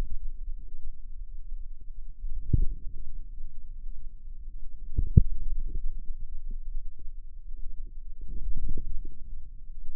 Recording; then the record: forearm muscle sounds (acoustic myography)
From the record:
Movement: radial deviation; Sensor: system 2, bracelet of six BSWA MPA416 microphones around the upper forearm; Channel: 5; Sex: female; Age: 23 years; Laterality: right